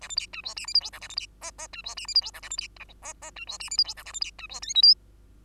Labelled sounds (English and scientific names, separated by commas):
Bengalese Finch (Lonchura striata domestica) song